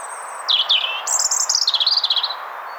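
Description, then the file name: European robin song: a high thin held whistle, a pair of dropping notes, then a fast rattling trill of very high notes. "Erithacus rubecula"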